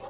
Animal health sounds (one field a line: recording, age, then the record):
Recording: pig call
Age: piglet (1 to 25 days)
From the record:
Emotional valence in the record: negative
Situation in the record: short isolation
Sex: male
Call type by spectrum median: low-frequency call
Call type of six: low-frequency tonal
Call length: 0.10 s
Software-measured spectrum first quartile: 536 Hz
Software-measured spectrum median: 806 Hz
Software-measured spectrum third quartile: 1590 Hz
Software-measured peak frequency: 802 Hz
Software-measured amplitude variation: 74 dB a second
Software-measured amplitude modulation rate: 14.8 a second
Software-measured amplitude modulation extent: 5.0 dB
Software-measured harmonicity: 2.1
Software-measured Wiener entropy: -1.12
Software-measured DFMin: 540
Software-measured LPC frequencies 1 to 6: 657, 2745, 3594, 5871, 6651, 7635 Hz